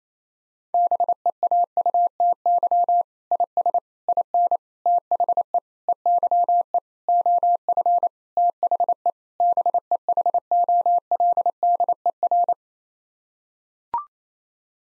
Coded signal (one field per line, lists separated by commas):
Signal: Morse code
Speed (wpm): 28 wpm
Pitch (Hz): 700 Hz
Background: none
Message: BEAUTY IS IN THE EYE OF THE BEHOLDER